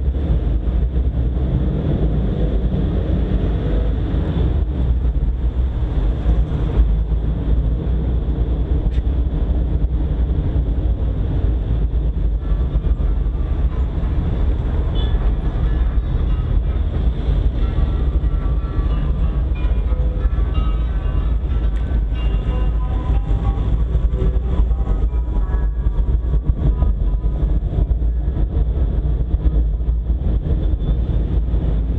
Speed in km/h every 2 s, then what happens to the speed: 14, 19, 20, 24, 24, 18, 15, 15, 15, 15, 17, 14, 12, 14, 17, 18.
0-6 speeds up to 24. 6-12 slows to 15. 12-23 steady at about 15.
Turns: none.